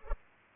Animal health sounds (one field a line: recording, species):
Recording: mosquito wingbeat signal from an infrared sensor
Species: Culex pipiens